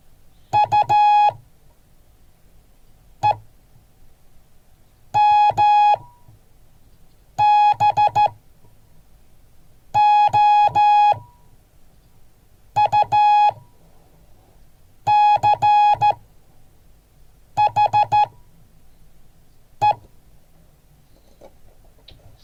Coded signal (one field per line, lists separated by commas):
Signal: Morse code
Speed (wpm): 14 wpm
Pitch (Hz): 840 Hz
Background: none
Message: UEMBOUCHE